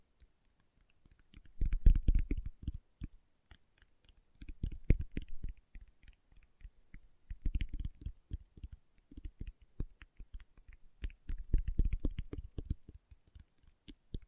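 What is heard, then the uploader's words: Fingertips tap in quick, uneven flurries of soft, dull knocks, mostly low and thumpy with a faint bright tick on each hit. Bursts come at about 2, 5, 8 and 12 seconds, separated by short silent gaps. ASMR Tapping with Fingertips (No Talking).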